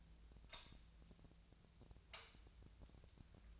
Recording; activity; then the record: daily activity, microphone in the room; light on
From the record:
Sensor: 2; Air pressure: 1009.7 hPa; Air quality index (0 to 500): 181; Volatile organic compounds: 10 ppm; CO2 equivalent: 2261 ppm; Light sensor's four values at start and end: 27/67/29/32 and 33/85/36/38